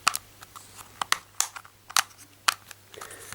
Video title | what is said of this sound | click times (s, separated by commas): 3 Annoying FAULTS on the Nintendo Switch & how to FIX them | Yeah, and you can hear it's now going to click into place again. | 0.1 s